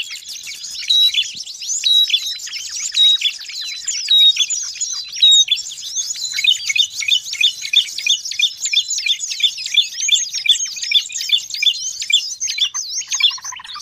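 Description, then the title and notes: Birds chirping, with a steady whistled note repeated about once a second at first, then dense rapid overlapping twitters filling the rest. Long-duration sound of noisy, chattering birds, used for bird training and as a lure for trapping. "Master Burung Ribut Durasi Panjang. Burung Ribut Pikat"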